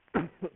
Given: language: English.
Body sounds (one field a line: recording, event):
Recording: throat vibration sensor signal played as sound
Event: cough